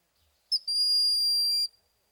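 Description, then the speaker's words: Broad-winged Hawk whistle: a quick high note leading into a long, shrill, unwavering thin tone that stops abruptly after about a second. Male's high-pitched thin whistle like a shrill drawn-out bee, given during courtship season; eastern North American buteo. "The call of the broad-winged hawk is a high-pitched, thin whistle."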